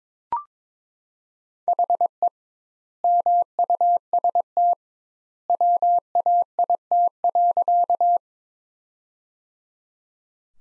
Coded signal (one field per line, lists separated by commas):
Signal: Morse code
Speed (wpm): 22 wpm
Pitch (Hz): 700 Hz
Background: none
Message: HE MUST WAIT.